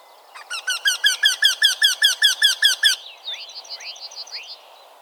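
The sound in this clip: Eurasian wryneck giving a quick, even series of about a dozen harsh, nasal notes, followed by a quieter, different series of notes.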